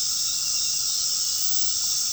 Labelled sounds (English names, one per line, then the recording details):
none
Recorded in pastures near Puerto Asís, Putumayo, Colombia, on 18 February 2024 at 20:00
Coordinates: 0.468, -76.328
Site G6414